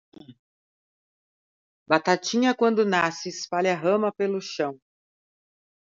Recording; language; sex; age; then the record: short text; Brazilian Portuguese; female; 50 to 59 years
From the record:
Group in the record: control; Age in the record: 53 years